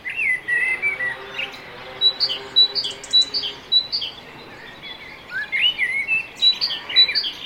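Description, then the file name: Great tit calling with high clipped notes in quick pairs, mixed with lower, warbling notes. "Parus major"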